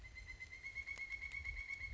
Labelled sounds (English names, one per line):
Pileated Woodpecker